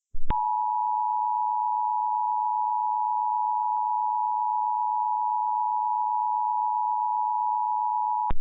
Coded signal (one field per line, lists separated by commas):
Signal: Emergency Alert System (SAME) tones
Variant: 853 and 960 Hz attention tone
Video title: Shreveport mentioned?!?! - EAS Mock